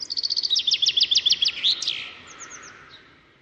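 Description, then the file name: Common chaffinch song: a rapid trill of bright notes stepping down in pitch, ending in a sharp flourish, followed by a few faint high notes. "Fringilla coelebs"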